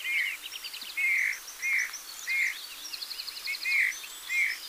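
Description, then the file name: Eurasian bullfinch calling with a run of several soft, plaintive whistled notes at uneven intervals, while other birds trill and twitter higher up. "Pyrrhula pyrrhula"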